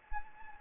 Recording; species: mosquito wingbeat signal from an infrared sensor; Anopheles gambiae